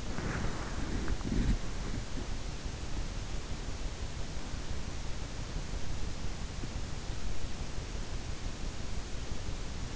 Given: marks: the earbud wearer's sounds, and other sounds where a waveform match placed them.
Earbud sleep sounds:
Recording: sounds in sleep by an in-ear microphone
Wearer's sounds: body movement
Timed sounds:
0.00-3.19 s: body movement

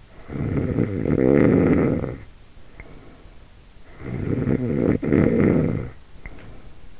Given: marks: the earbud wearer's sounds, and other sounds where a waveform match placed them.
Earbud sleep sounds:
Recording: sounds in sleep by an in-ear microphone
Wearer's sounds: snoring breath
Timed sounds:
0.09-3.35 s: snoring breath
3.86-7.00 s: snoring breath

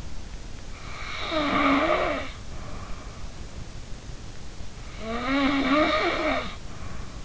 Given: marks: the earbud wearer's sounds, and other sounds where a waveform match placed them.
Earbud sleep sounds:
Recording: sounds in sleep by an in-ear microphone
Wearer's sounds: snoring breath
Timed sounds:
0.90-3.17 s: snoring breath
4.91-7.25 s: snoring breath

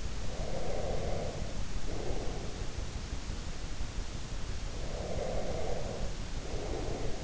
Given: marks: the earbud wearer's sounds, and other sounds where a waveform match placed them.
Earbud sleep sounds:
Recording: sounds in sleep by an in-ear microphone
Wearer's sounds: breath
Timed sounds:
0.19-2.79 s: breath
4.85-7.24 s: breath

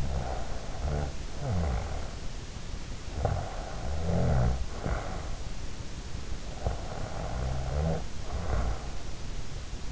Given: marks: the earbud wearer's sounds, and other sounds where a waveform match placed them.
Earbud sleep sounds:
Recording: sounds in sleep by an in-ear microphone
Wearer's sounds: snoring breath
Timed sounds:
0.00-2.36 s: snoring breath
3.02-5.56 s: snoring breath
6.45-9.11 s: snoring breath

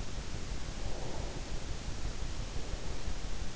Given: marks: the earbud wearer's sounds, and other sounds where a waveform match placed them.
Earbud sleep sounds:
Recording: sounds in sleep by an in-ear microphone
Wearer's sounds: breath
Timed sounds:
0.76-3.43 s: breath

